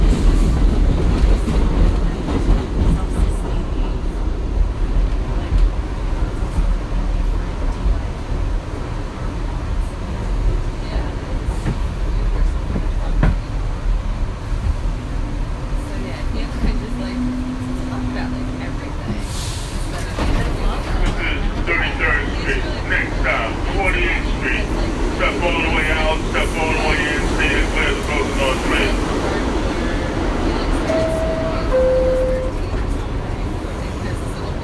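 New York street and subway noise: a constant low rumble of traffic or a train runs throughout at fairly even loudness. A brief tone rises around sixteen seconds, a sharp burst comes near twenty, then chattering voices and clatter follow, with two short beeps near thirty-one seconds.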